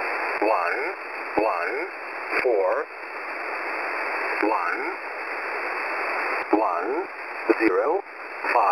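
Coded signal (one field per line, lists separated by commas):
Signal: numbers station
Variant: E07a English Man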